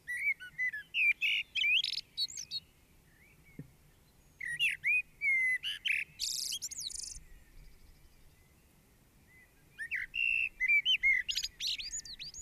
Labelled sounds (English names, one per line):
Common Blackbird song